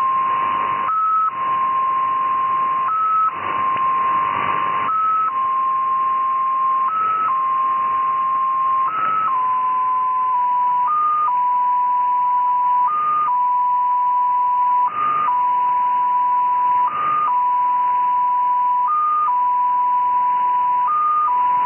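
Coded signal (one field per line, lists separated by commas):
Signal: numbers station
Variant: XPA2, 7.5 baud MFSK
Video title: XPA2 Number Station, SVR Russia, Null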